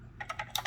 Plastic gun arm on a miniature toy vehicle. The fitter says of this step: and then it actually clicks into place so it uh